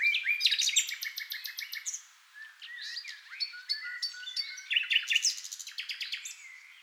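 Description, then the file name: Common nightingale song, dense and overlapping, with rapid repeated notes, fast trills and short whistles tumbling over one another in quick phrases. "NIGHTINGALE MIX"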